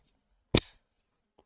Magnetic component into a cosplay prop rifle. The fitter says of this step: that little that little click that magnetic like